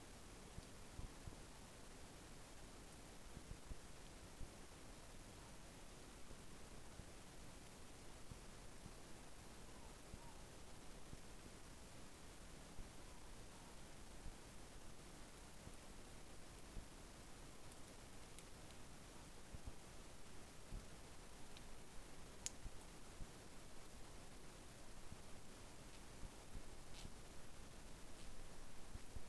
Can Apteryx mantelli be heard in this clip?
no